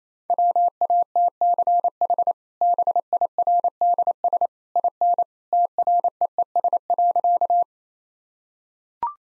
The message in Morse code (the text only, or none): WATCH BIRDS IN TREES.